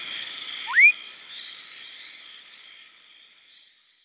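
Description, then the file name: Fuscous foam frog, a single brief whistle sweeping sharply upward. "Leptodactylus fuscus"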